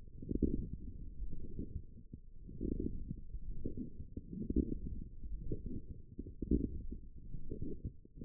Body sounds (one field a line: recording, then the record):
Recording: forearm muscle sounds (acoustic myography)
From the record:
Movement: forearm pronation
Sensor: system 1, eight BSWA MPA416 microphones around the upper forearm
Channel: 4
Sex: female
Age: 20 years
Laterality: right